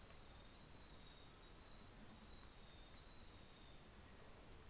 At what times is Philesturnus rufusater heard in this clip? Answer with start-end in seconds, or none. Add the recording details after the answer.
none. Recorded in New Zealand on 24 December 2018. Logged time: 11:00